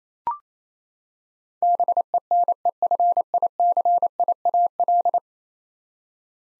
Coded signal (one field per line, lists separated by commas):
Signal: Morse code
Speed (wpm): 28 wpm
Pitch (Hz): 700 Hz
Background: none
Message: BENEFICIAL